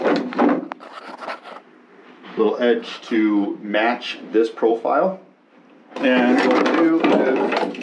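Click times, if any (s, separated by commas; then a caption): none. A roughly cut wooden insert, edged to match the profile of a boat vanity cabinet, is handled at its recess while someone talks, with brief sharp knocks near 0.3 and 0.7 seconds. Nothing has seated or clicked into place yet.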